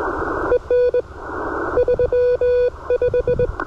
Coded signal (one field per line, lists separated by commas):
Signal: Morse code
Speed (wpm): 22 wpm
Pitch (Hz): 490 Hz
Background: none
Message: EN 35